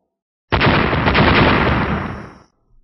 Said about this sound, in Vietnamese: Từng tiếng nổ lớn không ngừng vang lên khủng khiếp.